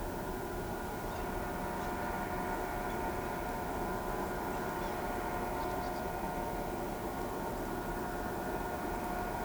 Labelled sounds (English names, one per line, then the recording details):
none
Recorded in pastures near Pivijay, Magdalena, Colombia, on 13 April 2023 at 12:30
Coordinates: 10.456, -74.369
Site P6-G026